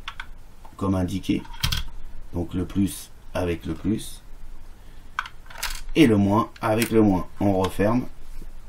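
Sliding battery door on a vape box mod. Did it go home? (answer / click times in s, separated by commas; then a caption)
no / none. Someone talks while handling the sliding battery door of an Eleaf iKonn 220 vape box mod after two 18650 cells are loaded with matching polarity, with a few faint taps and short sharp ticks heard between the words. The door is being closed, but nothing has seated or clicked yet.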